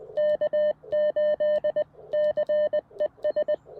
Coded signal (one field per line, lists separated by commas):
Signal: Morse code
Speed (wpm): 20 wpm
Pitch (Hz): 600 Hz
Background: none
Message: K8CES